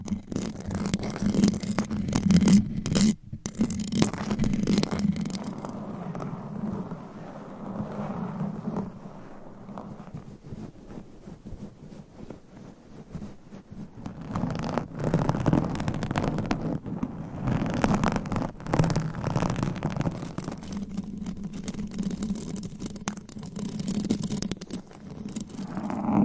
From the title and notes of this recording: ASMR Mic Scratching - Brain Scratching with Claws. No Talking.